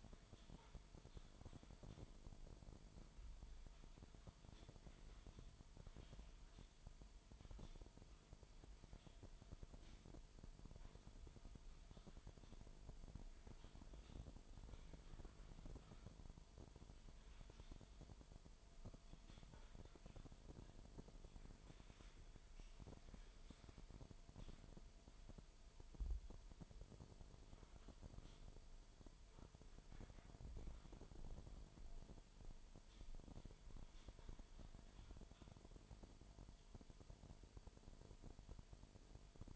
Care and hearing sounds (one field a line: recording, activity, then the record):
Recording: daily activity, microphone in the room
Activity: typing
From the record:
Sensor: 5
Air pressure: 1002.1 hPa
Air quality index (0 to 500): 228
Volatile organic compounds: 30 ppm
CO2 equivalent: 2960 ppm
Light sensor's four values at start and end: 10/23/9/10 and 10/24/10/11